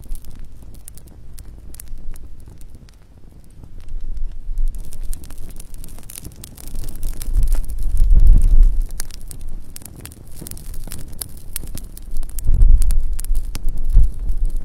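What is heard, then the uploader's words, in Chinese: A calm night campfire crackles with scattered sharp pops, while low, soft rumbles swell around the eighth and twelfth seconds. 晚上平静的篝火声。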